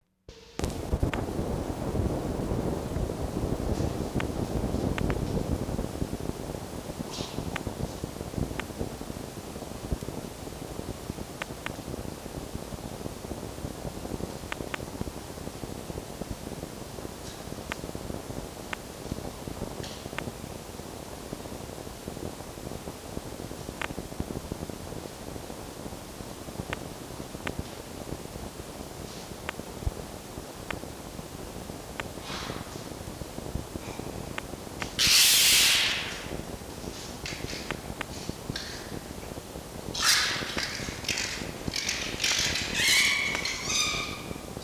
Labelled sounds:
Red Fox (Vulpes vulpes)

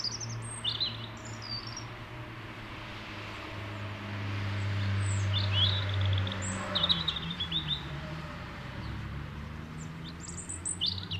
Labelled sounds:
European Robin (Erithacus rubecula) song

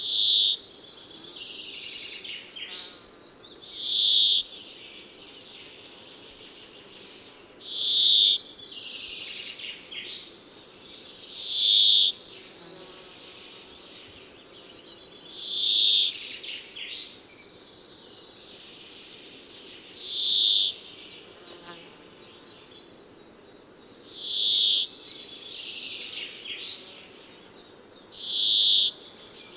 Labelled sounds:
Brambling (Fringilla montifringilla)

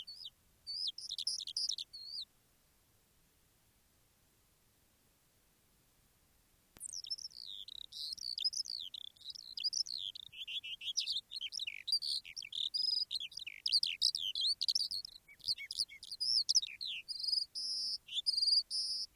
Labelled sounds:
Eurasian Skylark (Alauda arvensis)

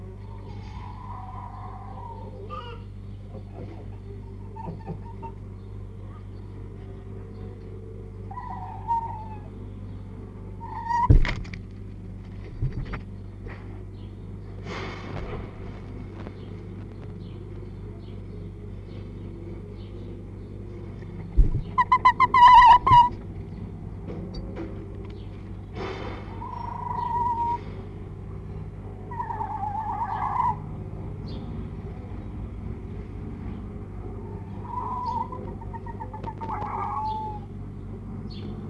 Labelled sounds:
Red Fox (Vulpes vulpes)

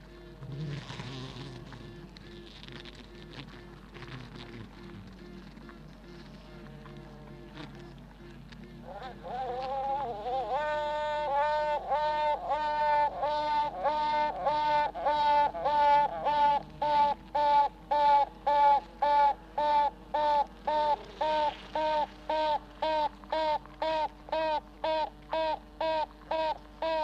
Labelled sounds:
Honey Bee (Apis mellifera)

